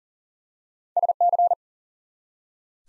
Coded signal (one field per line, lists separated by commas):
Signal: Morse code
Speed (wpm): 43 wpm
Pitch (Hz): 700 Hz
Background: none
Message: SC